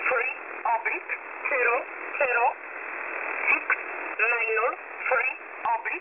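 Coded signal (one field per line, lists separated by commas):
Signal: numbers station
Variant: E11 Oblique, English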